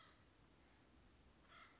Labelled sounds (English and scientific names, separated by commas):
Acorn Woodpecker (Melanerpes formicivorus)